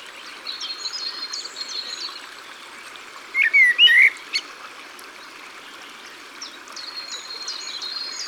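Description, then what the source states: Common blackbird singing one rich warbled phrase midway, surrounded by rushing water and a high trilling bird before and after. Singing beside the water.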